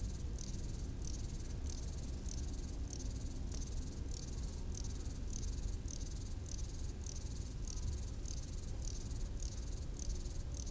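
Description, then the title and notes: Grasshoppers stridulating with regular high rasping pulses, a few sharp clicks, and a steady low rumble. Grasshoppers stridulating on a roadside bank along the Mont du Chat TV relay road at 1500 m altitude, Le Bourget-du-Lac, France, with distant valley noise in the background. "D42, 73370 Le Bourget-du-Lac, France - insectes du talus. Route du relais télévision du Mont du Chat à 1500m d'altitude les stridulations des criquets sur le talus et les bruits lointains de la vallée en arrière plan"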